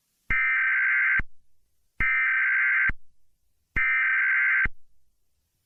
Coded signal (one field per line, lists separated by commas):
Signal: Emergency Alert System (SAME) tones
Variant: header bursts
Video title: EAS Scenario #20 | Train Derail